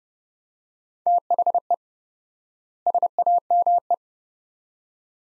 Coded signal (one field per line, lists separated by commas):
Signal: Morse code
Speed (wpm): 31 wpm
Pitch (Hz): 700 Hz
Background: none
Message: THE SAME